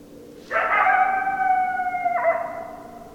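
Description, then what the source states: Coyote howl, a single long, steady note held about one and a half seconds before breaking into a short, shaky ending. Recorded 10 December 2012.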